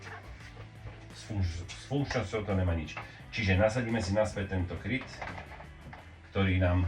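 Someone talks while a plastic motorcycle body cover is readied to be pressed back onto its four quick-release clips. Nothing has seated or clicked yet; the cover is still being handled.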